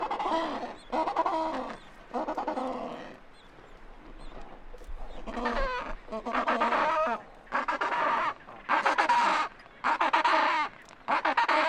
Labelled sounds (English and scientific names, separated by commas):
Adelie Penguin (Pygoscelis adeliae) call